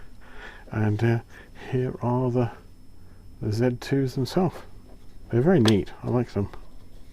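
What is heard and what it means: Someone talks while handling OnePlus Buds Z2 wireless earbuds and their plastic charging case, which holds the earbuds in place magnetically. The earbuds are not yet dropped back into the case, so nothing has seated or snapped in yet.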